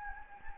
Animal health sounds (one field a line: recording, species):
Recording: mosquito wingbeat signal from an infrared sensor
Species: Anopheles gambiae